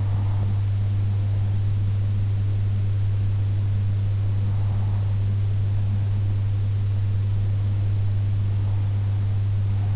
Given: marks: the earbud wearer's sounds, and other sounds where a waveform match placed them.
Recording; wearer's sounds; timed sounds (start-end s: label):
sounds in sleep by an in-ear microphone; breath
0.00-1.99 s: breath
3.99-5.99 s: breath